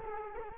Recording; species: mosquito wingbeat signal from an infrared sensor; Culex quinquefasciatus